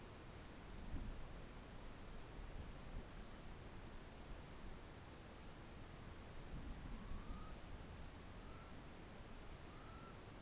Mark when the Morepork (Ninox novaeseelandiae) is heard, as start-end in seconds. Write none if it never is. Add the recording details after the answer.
5.69-6.37, 6.81-7.53, 8.33-8.77, 9.61-10.15. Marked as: faintness 5/5. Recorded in New Zealand on 4 June 2017. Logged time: 19:01. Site Taranaki